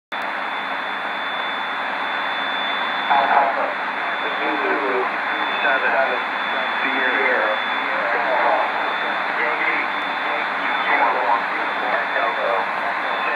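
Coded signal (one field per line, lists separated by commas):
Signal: coded military voice message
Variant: Emergency Action Message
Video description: An Emergency Action Message (or EAM for short) is broadcast from Andrews Airforce Base, and is relayed by various transmitters globally.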